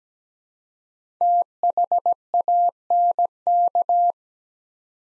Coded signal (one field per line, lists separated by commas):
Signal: Morse code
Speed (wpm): 17 wpm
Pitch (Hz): 700 Hz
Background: none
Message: THANK